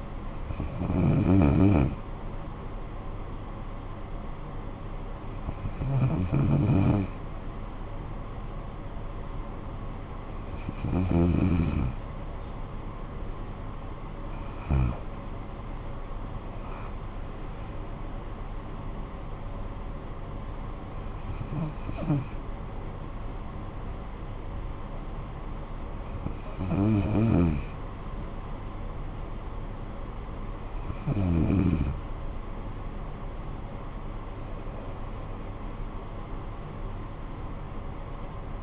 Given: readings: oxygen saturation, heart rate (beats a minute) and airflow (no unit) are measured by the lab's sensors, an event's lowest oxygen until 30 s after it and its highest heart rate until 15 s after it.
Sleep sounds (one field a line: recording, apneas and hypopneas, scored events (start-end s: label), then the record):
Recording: breathing in sleep by a smartphone at the bedside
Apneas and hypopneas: none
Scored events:
34.00-38.63 s: new sleep stage, N2 (light sleep)
From the record:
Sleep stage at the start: N1 (lightest sleep)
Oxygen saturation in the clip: 94 to 95%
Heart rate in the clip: 55 to 67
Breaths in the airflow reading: 8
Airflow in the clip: -12.4 to 9.5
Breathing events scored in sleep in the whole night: 445 in 7.6 hours asleep